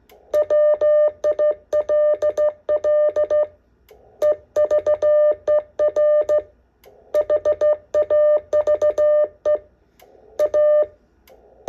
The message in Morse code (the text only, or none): WILL EVER HAVE A